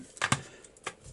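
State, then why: Seated. Plastic thumbstick caps are pressed down onto the analog joystick stems of a disassembled Xbox One game controller. Two sharp clicks ring out at 0.2 s and 0.3 s, followed by a softer tap near 0.9 s. The caps are seated in place.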